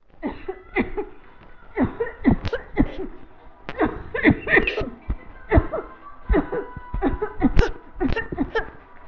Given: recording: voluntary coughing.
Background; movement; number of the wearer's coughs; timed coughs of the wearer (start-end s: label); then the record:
music; walking; 14
0.22-0.62 s: cough
0.73-1.05 s: cough
1.74-2.15 s: cough
2.22-2.69 s: cough
2.75-3.08 s: cough
3.75-4.23 s: cough
4.23-4.49 s: cough
4.49-4.97 s: cough
5.49-5.85 s: cough
6.30-6.67 s: cough
7.00-7.31 s: cough
7.39-7.87 s: cough
7.99-8.30 s: cough
8.38-8.68 s: cough
From the record:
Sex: female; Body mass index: 21.8 kg/m2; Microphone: on the chest, facing the body